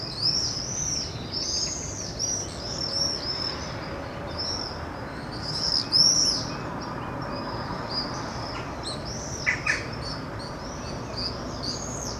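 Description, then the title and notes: Birds chirping and twittering in high, busy bursts that rise and fall in loudness, over a constant low traffic drone. Chemin sous les Fenêtres, Aurifat, Cordes-sur-Ciel, Albi, Tarn, Occitanie, France; road noise present; recorded with Zoom H6, FetHead and LOM BasicUcho microphone. "Chemin sous les Fenêtres, Aurifat, Cordes-sur-Ciel, Albi, Tarn, Occitanie, France métropolitaine, 81170, France - quiet time with the birds. birdsong , noise from the road"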